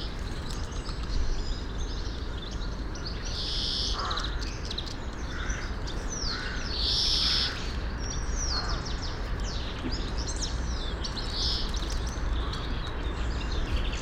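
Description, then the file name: European greenfinch wheezes repeated every few seconds among busy chirps and twitters, over a persistent low rumble. "Chloris chloris"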